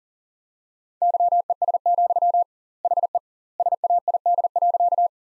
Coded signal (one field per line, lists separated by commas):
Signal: Morse code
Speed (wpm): 40 wpm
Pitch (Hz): 700 Hz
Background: none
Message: YES, HE SAID.